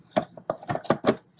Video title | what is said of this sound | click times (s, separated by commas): Easy Starlink Kickstand Removal & Installation of RV Gen 3 Kickstand Adapter - Hitched4fun | and then I simply push until you hear it click, and those cleats drop in to | 0.5 s